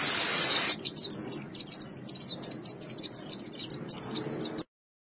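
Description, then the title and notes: White-eye song as a clear series of quick, thin, downward-slurred notes after a brief noisy burst, ending abruptly. "Kicauan Burung Pleci Durasi Panjang. Suara kicauan burung pleci"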